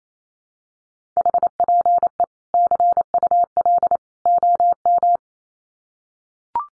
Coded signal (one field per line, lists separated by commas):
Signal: Morse code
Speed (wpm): 28 wpm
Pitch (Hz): 700 Hz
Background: none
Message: HPE CUL OM